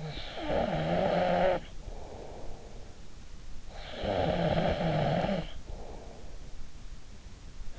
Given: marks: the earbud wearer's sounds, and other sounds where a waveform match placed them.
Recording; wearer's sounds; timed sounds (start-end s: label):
sounds in sleep by an in-ear microphone; snoring breath
0.00-3.08 s: snoring breath
3.67-6.36 s: snoring breath